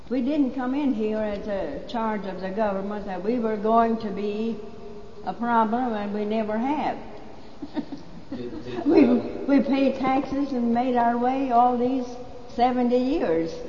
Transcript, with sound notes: We didn't come in here as a charge of the government that we were going to be a problem, and we never have. ( she laughs )
Did, uh...
We paid taxes and made our way all these seventy years.